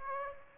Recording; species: mosquito wingbeat signal from an infrared sensor; Aedes aegypti